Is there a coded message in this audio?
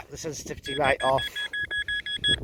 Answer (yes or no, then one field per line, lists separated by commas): no